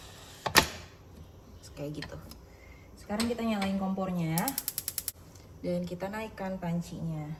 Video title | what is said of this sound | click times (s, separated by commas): MASAK MENU PRAKTIS BUKA PUASA DI RUMAH | Ingat, selalu pastikan sampai bunyi klek. | 0.5 s